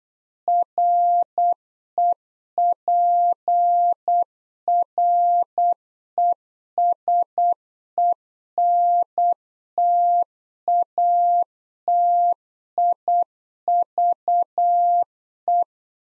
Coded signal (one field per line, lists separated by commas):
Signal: Morse code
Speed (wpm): 8 wpm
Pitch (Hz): 700 Hz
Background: none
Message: REPRESENTATIVE